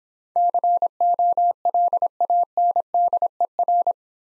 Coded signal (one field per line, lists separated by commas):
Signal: Morse code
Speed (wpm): 26 wpm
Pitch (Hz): 700 Hz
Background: none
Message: COLANDER